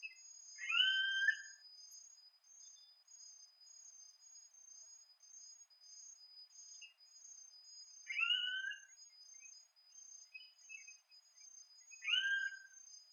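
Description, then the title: Yellow-headed caracara calls, three harsh rising screams spaced several seconds apart, over a steady high-pitched insect buzz. "Carrapateiro"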